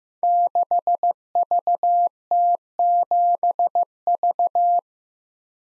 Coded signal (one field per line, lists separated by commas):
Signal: Morse code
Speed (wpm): 15 wpm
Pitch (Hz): 700 Hz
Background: none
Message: 6VT7V